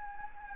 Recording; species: mosquito wingbeat signal from an infrared sensor; Anopheles gambiae